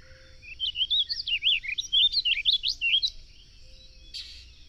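Bird song: a rapid string of high, twisting whistled notes lasting about two and a half seconds, followed by a short burst of noise.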